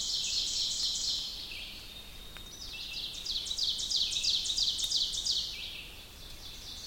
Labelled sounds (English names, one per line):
Ovenbird song